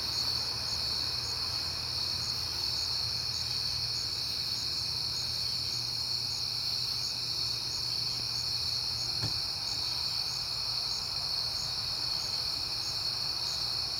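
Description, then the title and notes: Cricket chorus, a continuous shrill ringing with regular pulsing beats, over a soft low hum and one brief click midway. Crickets at night in September, on a peaceful night. "Night Time: Crickets and Passing Cars. It is September and I have been hearing the crickets a lot, but finally had a peaceful night to make the recording"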